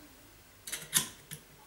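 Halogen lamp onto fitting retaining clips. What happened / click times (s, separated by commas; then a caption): The lamp snapped onto its spring clips / 1.0 s. A halogen lamp is slid back onto the spring retaining clips of a light fitting and pops into place with a sharp click at 0.97 s. A softer scrape comes just before it at 0.7 s, and a faint tick follows at 1.3 s. The lamp is seated on the clips.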